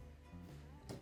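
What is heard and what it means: A tiny wifi antenna coaxial connector is lined up and pressed onto its socket on a PS4 Slim console board, over a steady tonal background hum. A single sharp click at 0.9 s marks the connector seating in place.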